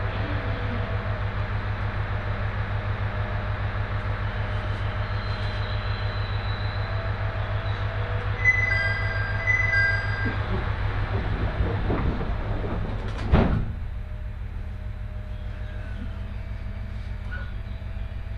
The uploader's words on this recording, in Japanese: 鉄道旅 東北本線 仙台→小牛田。6:00発の始発列車小牛田行きに乗車します。701系の4両編成、仙台から離れていくのでそれほど混雑はありません。